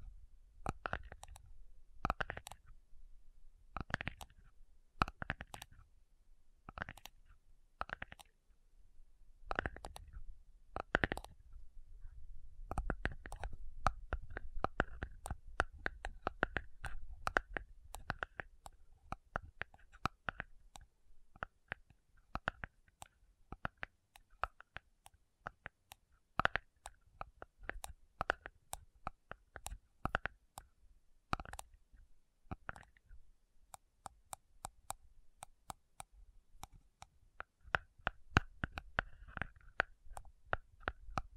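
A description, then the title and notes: Metal tapping begins as slow, spaced ringing strikes, then quickens into dense, irregular clusters of sharp taps over a faint low rumble. ASMR Sleepy Slow Tapping Metal Sounds (No Talking).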